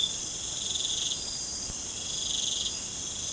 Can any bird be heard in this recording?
no